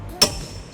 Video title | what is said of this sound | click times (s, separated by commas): 2002 Nissan Altima Trailer Hitch Installation | you should hear a click or a beep on your torque wrench when you're talking down just like that | 0.2 s